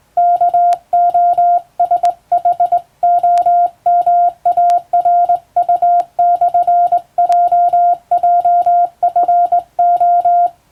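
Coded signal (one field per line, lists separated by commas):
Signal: Morse code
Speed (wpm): 20 wpm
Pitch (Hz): 700 Hz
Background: music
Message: KOSHOMARU/JJFO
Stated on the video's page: Morse sending practice on a hand key by a first-class radiotelegraph operator, using a standard telegram-sending practice book.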